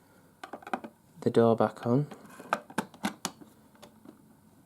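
The plastic filter cover door of a Sebo Automatic X7 Pet vacuum is being put back onto the vacuum body and pressed shut. A cluster of light plastic taps sounds around 0.4–0.8 s, someone talks, and louder sharp knocks follow at about 2.5, 2.8, 3.1 and 3.3 s. The door is still being handled and nothing has seated or clicked into place yet.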